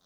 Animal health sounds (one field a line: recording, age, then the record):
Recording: pig call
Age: piglet (1 to 25 days)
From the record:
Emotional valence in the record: positive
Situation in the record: short reunion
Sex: female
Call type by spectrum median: high-frequency call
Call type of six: low-frequency tonal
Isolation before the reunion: 3 minutes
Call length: 0.06 s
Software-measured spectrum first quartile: 621 Hz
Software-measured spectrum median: 3034 Hz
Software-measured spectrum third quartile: 5193 Hz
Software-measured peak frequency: 170 Hz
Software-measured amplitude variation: 29 dB a second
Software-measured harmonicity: -0.5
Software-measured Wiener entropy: -1.14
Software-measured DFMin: 757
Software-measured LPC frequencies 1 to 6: 706, 1330, 3603, 3912, 4915, 6208 Hz